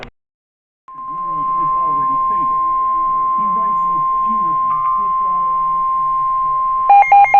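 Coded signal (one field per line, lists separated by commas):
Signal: Emergency Alert System (SAME) tones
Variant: 1050 Hz attention tone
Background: speech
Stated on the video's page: NOAA Weather Radio severe weather alerts.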